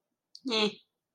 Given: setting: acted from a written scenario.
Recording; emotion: vocal sound without words; neutral